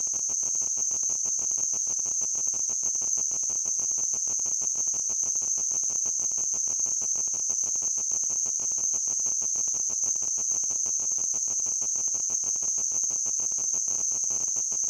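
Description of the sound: Simulated tinnitus: a steady, high-pitched ringing tone with a rapid, cricket-like chirring buzz, constant throughout.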